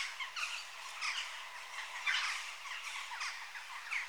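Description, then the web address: Western jackdaw calls, short harsh chacks given in loose overlapping bursts. Adult birds. "BBC Sound Effects Library (Birds) Jackdaw (Corvus Monedula) Adults"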